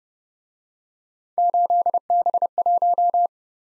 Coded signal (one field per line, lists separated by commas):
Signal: Morse code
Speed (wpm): 29 wpm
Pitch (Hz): 700 Hz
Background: none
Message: 8B1